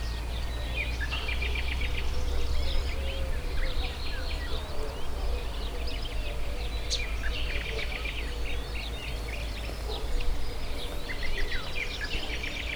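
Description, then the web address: A bird chorus of many overlapping chirps and twitters, fairly faint, over a loud, constant low hum. Recorded at the Hortobágy fishponds, Hungary, in 2014, near the narrow-gauge railway's inner terminal station; varied bird life. "hanggyujtemeny kisvasut hortobagyihalastavak 2014 termeszet sokszinumadarvilag belsovegallomas"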